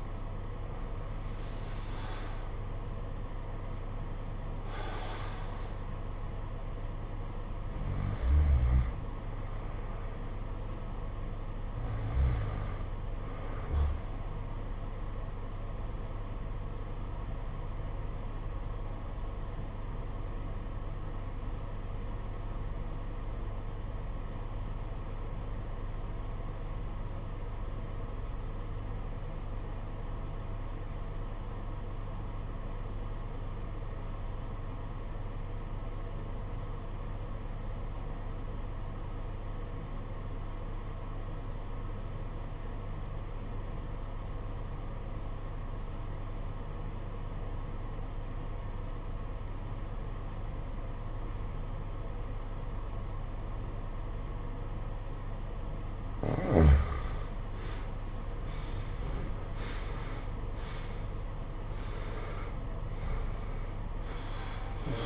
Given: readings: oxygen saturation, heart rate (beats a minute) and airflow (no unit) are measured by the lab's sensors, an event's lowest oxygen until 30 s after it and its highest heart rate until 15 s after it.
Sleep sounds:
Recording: breathing in sleep by a smartphone at the bedside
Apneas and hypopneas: 1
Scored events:
17.00-58.70 s: obstructive apnea (REM, oxygen 95% highest, then 67% lowest, heart rate 60 at the start, 88 highest)
From the record:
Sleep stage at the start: REM sleep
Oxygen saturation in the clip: 66 to 95%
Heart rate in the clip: 49 to 88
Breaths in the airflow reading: 8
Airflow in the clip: -20.2 to 18.5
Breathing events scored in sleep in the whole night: 476 in 9.7 hours asleep

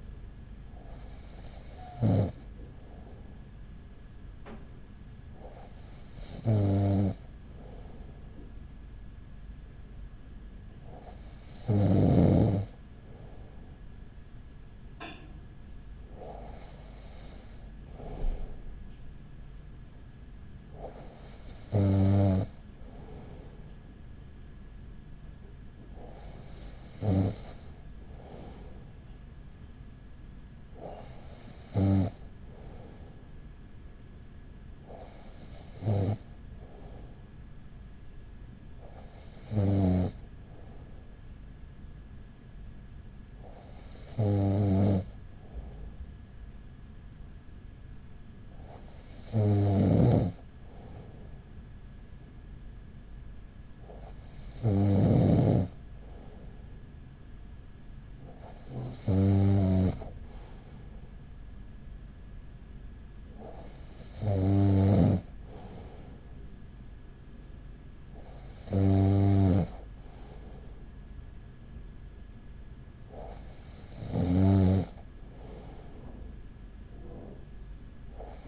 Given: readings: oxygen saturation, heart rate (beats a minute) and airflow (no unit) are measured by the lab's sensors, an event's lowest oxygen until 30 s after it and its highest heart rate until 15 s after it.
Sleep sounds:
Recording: breathing in sleep by a smartphone at the bedside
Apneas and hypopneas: none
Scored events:
none scored
From the record:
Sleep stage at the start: N2 (light sleep)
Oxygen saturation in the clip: 94 to 96%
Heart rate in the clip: 38 to 43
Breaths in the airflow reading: 16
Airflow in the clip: -5.2 to 5.0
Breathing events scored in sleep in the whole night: 207 in 7.6 hours asleep

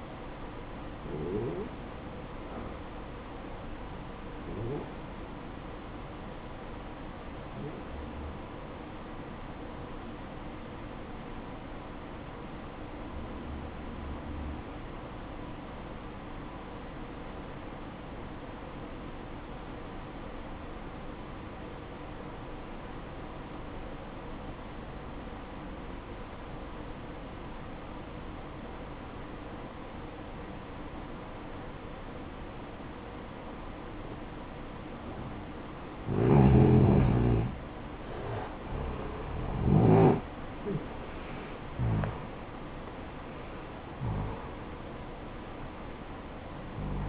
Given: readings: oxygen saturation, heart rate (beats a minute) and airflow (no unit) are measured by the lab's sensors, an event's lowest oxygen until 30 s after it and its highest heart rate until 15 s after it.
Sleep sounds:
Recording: breathing in sleep by a voice recorder at the bedside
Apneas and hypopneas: 1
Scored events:
11.00-36.50 s: obstructive apnea (N1, oxygen 95% highest, then 88% lowest, heart rate 58 at the start, 75 highest)
From the record:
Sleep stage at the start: N1 (lightest sleep)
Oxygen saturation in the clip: 86 to 95%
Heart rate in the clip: 54 to 75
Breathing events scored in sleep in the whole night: 573 in 9.8 hours asleep

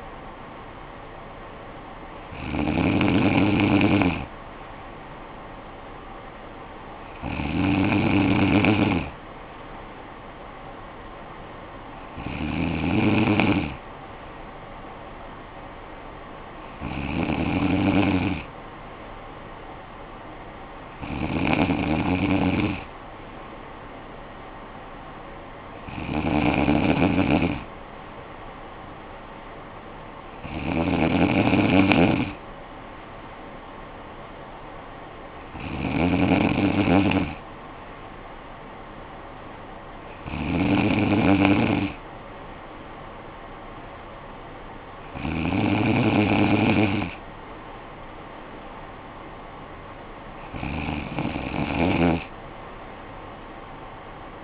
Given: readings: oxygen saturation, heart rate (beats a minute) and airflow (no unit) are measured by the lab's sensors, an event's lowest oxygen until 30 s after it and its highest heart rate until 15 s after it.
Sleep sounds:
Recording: breathing in sleep by a voice recorder at the bedside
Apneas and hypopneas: none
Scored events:
none scored
From the record:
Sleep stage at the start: N3 (deep sleep)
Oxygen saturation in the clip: 94 to 95%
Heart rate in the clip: 53 to 57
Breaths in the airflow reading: 11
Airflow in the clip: -9.7 to 6.6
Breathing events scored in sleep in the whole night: 445 in 7.6 hours asleep

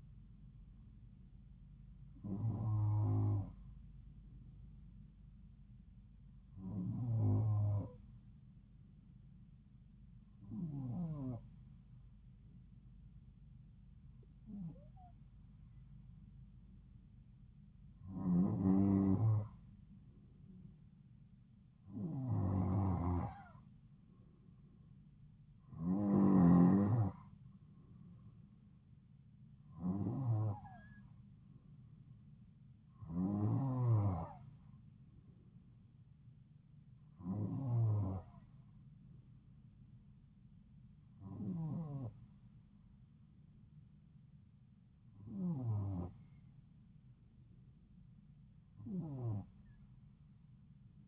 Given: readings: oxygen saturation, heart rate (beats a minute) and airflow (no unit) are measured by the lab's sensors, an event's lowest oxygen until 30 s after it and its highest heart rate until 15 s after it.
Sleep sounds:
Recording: breathing in sleep by a smartphone at the bedside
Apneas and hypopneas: 1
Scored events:
4.00-17.90 s: hypopnea (N2, oxygen 94% highest, then 91% lowest)
From the record:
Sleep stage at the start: N2 (light sleep)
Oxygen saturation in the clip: 91 to 94%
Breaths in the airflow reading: 13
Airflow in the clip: -3.8 to 3.6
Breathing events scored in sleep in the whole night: 270 in 6.1 hours asleep

